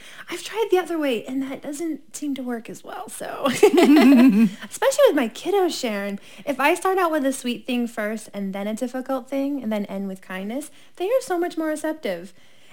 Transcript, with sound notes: I’ve tried the other way and that doesn’t seem to work as well. So.(laughing) Especially with my kiddos, Sharon, if I start out with a sweet thing first, and then a difficult thing and then end with kindness, they are so much more receptive.